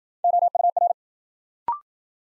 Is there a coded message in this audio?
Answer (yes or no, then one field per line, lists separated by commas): yes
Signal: Morse code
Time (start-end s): 0.2-0.9 s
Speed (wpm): 53 wpm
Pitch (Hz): 700 Hz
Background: none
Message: OUR